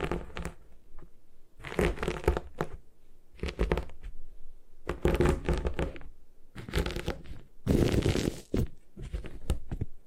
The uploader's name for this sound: Satisfying Ways to Destroy Gym Chalk